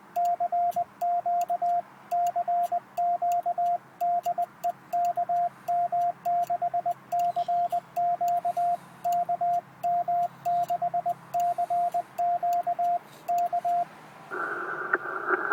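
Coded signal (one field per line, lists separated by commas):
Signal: Morse code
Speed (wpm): 20 wpm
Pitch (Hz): 700 Hz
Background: radio noise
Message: CQCQDEKM6CQKM6CQK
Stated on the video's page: Mobile CW from a pickup truck: IC7000 radio, High Sierra Sidekick antenna, Begali Traveler key.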